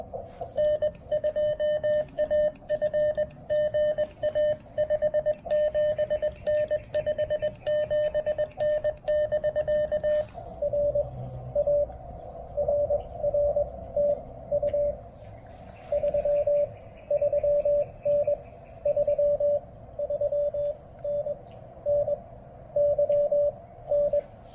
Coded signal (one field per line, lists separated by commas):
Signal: Morse code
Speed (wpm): 20 wpm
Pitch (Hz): 590 Hz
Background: radio noise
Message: N2AF GA 57N 57N <BK> R A RR TU 33N 33N NY N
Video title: POTA at Fort Dobbs: Testing a BCI filter (and--whoops!--depleting a battery) with the Xiegu G106